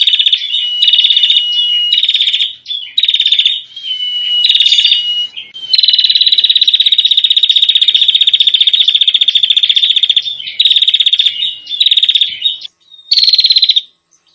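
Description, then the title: Prinia: bird giving long, dense buzzy rattles and shorter scratchy phrases, one trill lasting around four seconds, with brief gaps between bursts. Noisy prinia calling used as a lure for prinias, aimed at the red-headed prinia and the 'visiting' prinia. "Suara Prenjak Ribut Buat Pikat Burung Prenjak Kepala Merah Prenjak Tamu"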